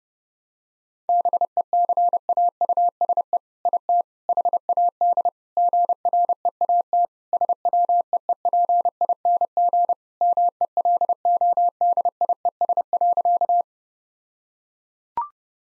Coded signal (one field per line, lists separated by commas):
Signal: Morse code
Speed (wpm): 30 wpm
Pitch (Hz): 700 Hz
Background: none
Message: BECAUSE IT HAD GREAT SWEEPING MELODIES.